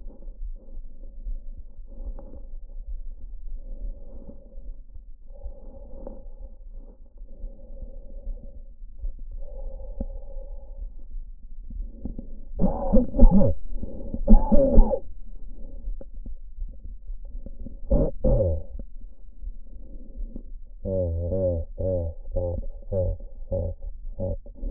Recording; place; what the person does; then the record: lung sounds by stethoscope; trachea; quiet breathing, then cough and speech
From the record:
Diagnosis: none (healthy); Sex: male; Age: 34 years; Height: 174 cm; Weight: 93 kg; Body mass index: 30.7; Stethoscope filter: diaphragm mode